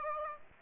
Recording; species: mosquito wingbeat signal from an infrared sensor; Aedes aegypti